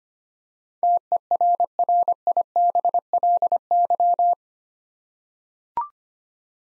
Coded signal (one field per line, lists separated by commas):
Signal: Morse code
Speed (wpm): 25 wpm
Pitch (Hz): 700 Hz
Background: none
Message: TERRIBLY